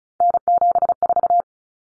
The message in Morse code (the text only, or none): N74